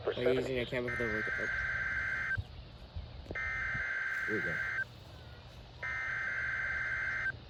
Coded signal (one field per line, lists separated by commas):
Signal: Emergency Alert System (SAME) tones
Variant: header bursts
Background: speech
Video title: (EAS #370) KMKX Required Weekly Test